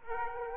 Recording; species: mosquito wingbeat signal from an infrared sensor; Aedes aegypti